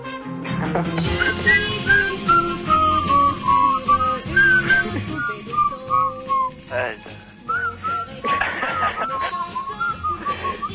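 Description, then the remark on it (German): Several callers on the phone whistle a wavering, high melody along with a song being played, the tune bending up and down in long phrases over steady music beneath. “Jetzt nicht Hallo sagen, jetzt spiele ich mal den Song und jetzt müsstet ihr mitpfeifen.”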